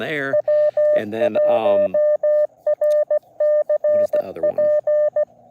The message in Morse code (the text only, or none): W1RCP